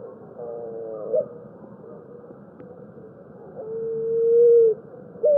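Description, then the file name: Picazuro pigeon song with a buzzy harmonic coo ending in a short upturn, a pause, then one long steady cooing note and the start of another, over low hiss. "canto do pombao"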